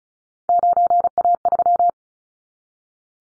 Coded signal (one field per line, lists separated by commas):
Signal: Morse code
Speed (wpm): 34 wpm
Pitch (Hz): 700 Hz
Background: none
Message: 9A3